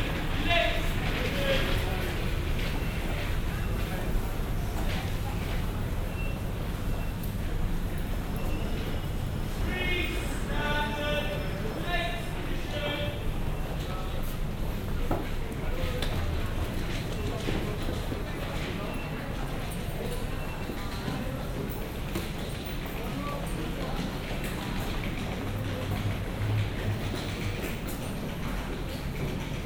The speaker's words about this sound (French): On est à la station de métro de Saint-Pancras et on va marcher vers Saint-Pancras, la gare, en passant par le corridor d'art.